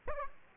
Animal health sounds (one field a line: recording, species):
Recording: mosquito wingbeat signal from an infrared sensor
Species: Aedes aegypti